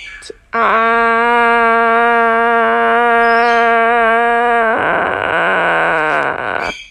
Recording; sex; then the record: sustained vowel /a/; female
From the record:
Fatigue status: fatigue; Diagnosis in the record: COVID-19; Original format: m4a